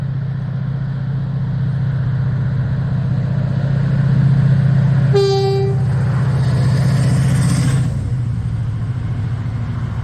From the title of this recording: 1R17 leaving Warwick with 68021